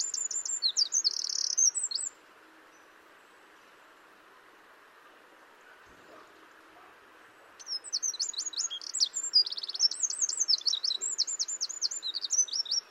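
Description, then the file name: Eurasian wren song: a short piercing burst with a dense trill, about five seconds of quiet, then a long rapid stream of sharp, high notes. "Troglodytes troglodytes"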